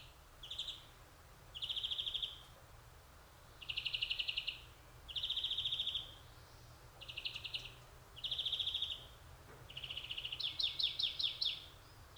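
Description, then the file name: European greenfinch delivering rhythmic trilled bursts with short pauses, ending in a faster, more broken series of rattling notes. "Chloris chloris"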